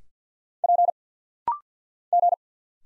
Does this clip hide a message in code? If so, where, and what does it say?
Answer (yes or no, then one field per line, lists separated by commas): yes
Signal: Morse code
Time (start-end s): 0.6-2.3 s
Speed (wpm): 50 wpm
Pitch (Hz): 700 Hz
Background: none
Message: P G